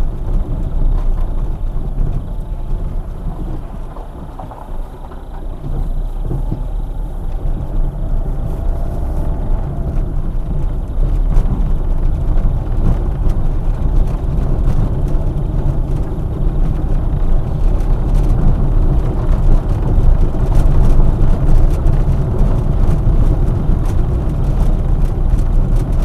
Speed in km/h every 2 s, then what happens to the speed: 9, 0, 9, 16, 16, 20, 19, 21, 23, 25, 26, 23, 21.
0-3 slows to 0. 3-19 pulls away to 26. 19-26 steady at about 23.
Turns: none.